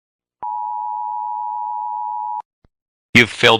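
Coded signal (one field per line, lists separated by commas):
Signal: Emergency Alert System (SAME) tones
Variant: 853 and 960 Hz attention tone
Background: speech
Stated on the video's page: Parody containing possibly valid EAS tones.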